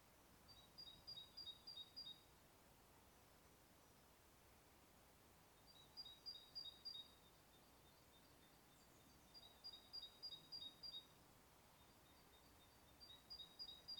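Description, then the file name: Great tit repeating bursts of fast, thin, high notes in pairs of two pitches, four runs spread throughout, over a quiet, steady hiss. "Parus major"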